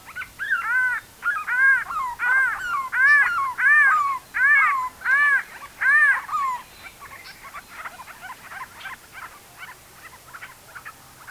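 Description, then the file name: Grey-crowned babbler calls: a quick run of loud, arched, harmonic notes repeated about twice a second, followed by softer, scratchy chattering notes. "Pomatostomus Temporalis"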